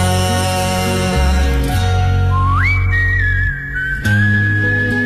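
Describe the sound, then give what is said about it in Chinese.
A single high, sustained whistled melody line in a song recording glides upward and holds over a loud, full musical backing, with bright sustained tones and steady low accompaniment throughout. “经典的作品会有很随意，其实不是随意的表达，比如口哨声、口琴声、随来的响指，以及很多很多即兴的歌手在录音棚和制作人非常即兴的碰撞。”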